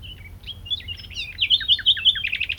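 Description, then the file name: Common nightingale singing a short varied phrase: thin whistles and chirps, then a run of four bright repeated notes and quick flicks, over a faint low rumble. "Luscinia megarhynchos"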